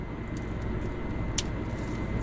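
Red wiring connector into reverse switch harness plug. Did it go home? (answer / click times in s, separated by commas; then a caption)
yes / 1.4 s. A red plastic wiring connector is pushed into its mating harness plug on the reverse switch of a DRR EV Adventure electric ATV, over a steady broadband background hum. A single sharp click sounds at 1.4 s as the connector seats, clipped in place.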